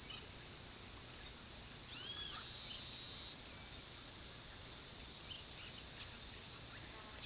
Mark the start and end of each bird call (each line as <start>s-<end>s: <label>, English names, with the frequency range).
1.86s-2.46s: Great Kiskadee (0.8-5.7 kHz)
2.18s-3.42s: Yellow-browed Sparrow (2.8-6.7 kHz)